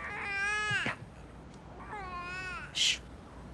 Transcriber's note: soundbite of baby crying